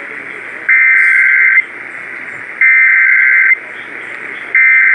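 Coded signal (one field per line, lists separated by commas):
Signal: Emergency Alert System (SAME) tones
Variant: header bursts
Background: speech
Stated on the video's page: Severe weather NOAA Weather Radio alerts compilation.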